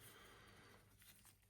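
A deburring blade is lined up with the holder of a deburring tool while its spring-loaded collar is held back, before the blade is pushed home. Only a low, steady hum and faint handling rustle are heard, with no distinct click. Nothing has seated or clicked yet.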